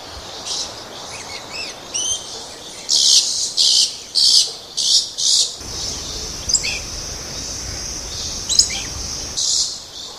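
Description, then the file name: Lorikeet screeches: a fast series of loud, harsh bursts in the middle, with thinner squeaky notes scattered before and after. "Лори -Лорикет -Попугай -Голоса-птиц"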